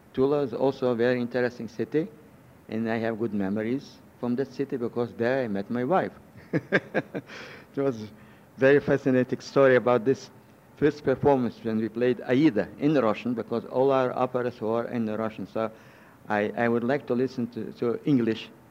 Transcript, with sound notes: Tula is also a very interesting city and I have good memories from that city because there I met my wife. (he laughs) It was a very fascinating story about this first performance when we played "Aida" in Russian because all our operas were in Russian, so I would like to listen to English,